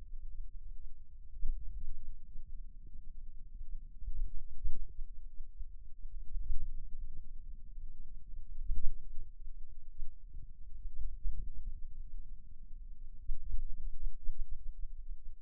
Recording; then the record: forearm muscle sounds (acoustic myography)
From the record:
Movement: pen grasping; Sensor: system 2, bracelet of six BSWA MPA416 microphones around the upper forearm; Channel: 5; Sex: male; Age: 22 years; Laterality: right